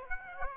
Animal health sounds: mosquito wingbeat signal from an infrared sensor; Aedes aegypti

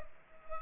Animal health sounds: mosquito wingbeat signal from an infrared sensor; Culex pipiens

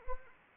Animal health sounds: mosquito wingbeat signal from an infrared sensor; Anopheles arabiensis

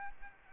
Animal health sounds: mosquito wingbeat signal from an infrared sensor; Aedes aegypti

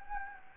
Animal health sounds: mosquito wingbeat signal from an infrared sensor; Anopheles gambiae

